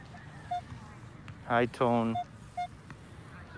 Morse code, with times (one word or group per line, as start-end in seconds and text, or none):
none